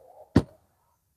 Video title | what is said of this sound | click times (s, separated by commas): 🚲A Beginner's Guide to NWOW WSP Ebike - Dapat mong panoorin bago bumili nito🚲 | ibagsak ko lang ' naka-lock | 0.4 s